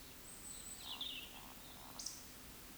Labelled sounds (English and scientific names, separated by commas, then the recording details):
Eurasian Woodcock (Scolopax rusticola) whistle, Eurasian Woodcock (Scolopax rusticola) croak
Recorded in Baden-Württemberg, Germany, on 16 June 2021 at 20:00 UTC
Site 18672, 474 m above sea level